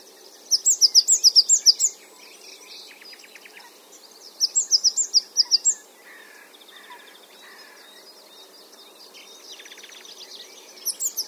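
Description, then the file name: Great tit calling in short bursts of rapid, high, ticking notes, two bursts and the start of a third, with faint twittering and chirps in the pauses. "Parus major"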